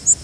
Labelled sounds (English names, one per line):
Northern Waterthrush flight call